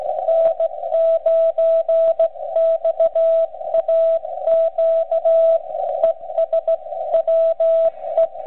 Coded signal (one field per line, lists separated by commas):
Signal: Morse code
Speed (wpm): 16 wpm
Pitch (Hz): 660 Hz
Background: radio noise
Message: N9XAQ ES WE